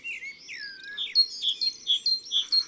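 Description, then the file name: Great tit song: an opening sliding whistle, then a run of bright, high notes in quick succession, with no other sounds. "Mesange charbonniere ABC des chants doiseaux"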